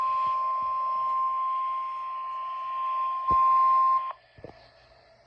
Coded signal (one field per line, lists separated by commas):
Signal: Emergency Alert System (SAME) tones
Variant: 1050 Hz attention tone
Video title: 7/03/24 WXK83 Weekly Test Alert ERROR (EAS #3)